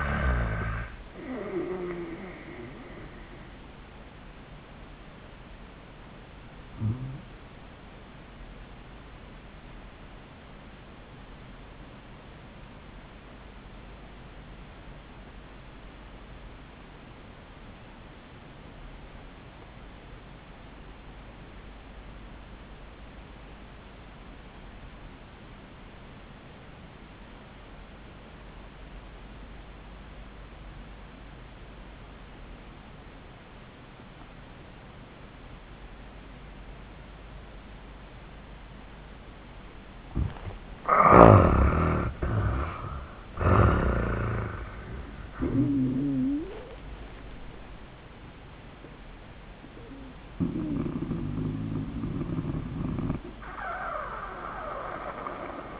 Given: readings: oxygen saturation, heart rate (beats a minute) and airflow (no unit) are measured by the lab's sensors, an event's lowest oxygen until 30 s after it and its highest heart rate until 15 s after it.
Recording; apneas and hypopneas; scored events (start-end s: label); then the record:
breathing in sleep by a voice recorder at the bedside; 1
6.00-42.10 s: obstructive apnea (N1, oxygen 96% highest, then 74% lowest, heart rate 80 at the start, 93 highest)
From the record:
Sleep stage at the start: N1 (lightest sleep); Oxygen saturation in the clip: 77 to 96%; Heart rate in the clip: 70 to 93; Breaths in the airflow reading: 3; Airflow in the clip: -30.7 to 11.0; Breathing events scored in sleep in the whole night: 400 in 8.7 hours asleep